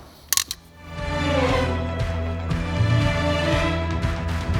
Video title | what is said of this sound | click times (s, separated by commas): Volvo XC40 2018- Montaje de enganche y kit electrónico [1442] | Facciamo il collegamento, schiacciamo con le dita fino a sentire il primo clic. | 0.3 s